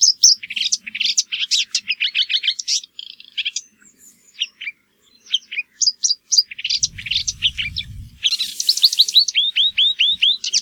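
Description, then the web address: Marsh warbler song: a rapid, varied medley of high chattering phrases, with a short break midway and a run of repeated notes at the end. "geluiden bosrietzanger"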